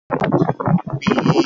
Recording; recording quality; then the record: sustained vowel as in beet; poor, much background noise or distortion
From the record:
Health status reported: healthy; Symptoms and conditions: none ticked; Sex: male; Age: 32 years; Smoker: not ticked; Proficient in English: yes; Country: Canada